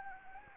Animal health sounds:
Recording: mosquito wingbeat signal from an infrared sensor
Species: Anopheles arabiensis

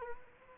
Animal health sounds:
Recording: mosquito wingbeat signal from an infrared sensor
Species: Culex quinquefasciatus

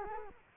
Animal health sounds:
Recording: mosquito wingbeat signal from an infrared sensor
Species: Culex quinquefasciatus

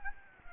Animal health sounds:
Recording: mosquito wingbeat signal from an infrared sensor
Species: Anopheles gambiae

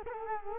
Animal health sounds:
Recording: mosquito wingbeat signal from an infrared sensor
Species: Culex quinquefasciatus

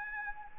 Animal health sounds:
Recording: mosquito wingbeat signal from an infrared sensor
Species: Anopheles arabiensis

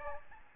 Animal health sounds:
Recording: mosquito wingbeat signal from an infrared sensor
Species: Aedes albopictus

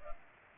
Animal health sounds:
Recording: mosquito wingbeat signal from an infrared sensor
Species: Culex pipiens

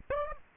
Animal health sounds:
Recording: mosquito wingbeat signal from an infrared sensor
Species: Aedes aegypti

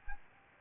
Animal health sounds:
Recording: mosquito wingbeat signal from an infrared sensor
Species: Aedes albopictus

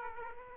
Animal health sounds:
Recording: mosquito wingbeat signal from an infrared sensor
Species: Aedes aegypti

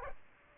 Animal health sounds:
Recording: mosquito wingbeat signal from an infrared sensor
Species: Aedes aegypti

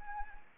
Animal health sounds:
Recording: mosquito wingbeat signal from an infrared sensor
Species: Anopheles arabiensis

